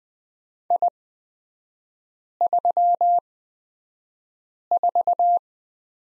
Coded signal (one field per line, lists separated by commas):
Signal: Morse code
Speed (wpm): 20 wpm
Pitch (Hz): 700 Hz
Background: none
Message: I34